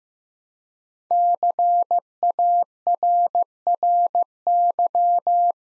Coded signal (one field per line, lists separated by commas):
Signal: Morse code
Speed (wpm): 15 wpm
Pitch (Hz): 700 Hz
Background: none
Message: CARRY